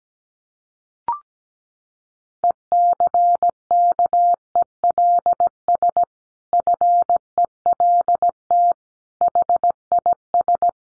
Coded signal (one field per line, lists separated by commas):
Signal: Morse code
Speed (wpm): 17 wpm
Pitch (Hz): 700 Hz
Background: none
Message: ECKELS FELT HIS